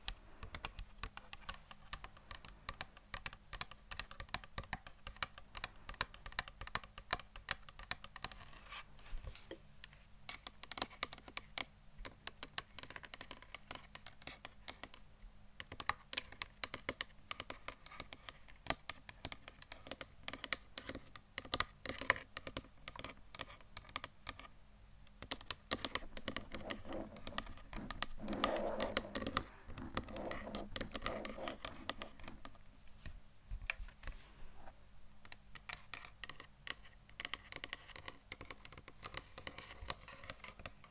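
Rapid tapping with fingertips or nails on hard surfaces, crisp and bright, in dense, uneven clusters like fast typing, with short pauses near 10, 15 and 25 seconds. Around 27 to 31 seconds a softer, fuller rubbing or scratching swell rises beneath the taps. A faint low hum persists throughout.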